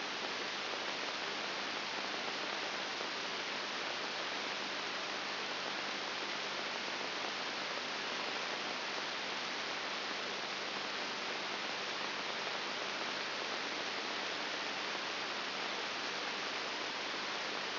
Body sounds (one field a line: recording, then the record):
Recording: brain microelectrode recording played as sound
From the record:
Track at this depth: outside the subthalamic nucleus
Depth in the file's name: 7.1 mm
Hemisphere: right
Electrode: 3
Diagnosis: Parkinson's disease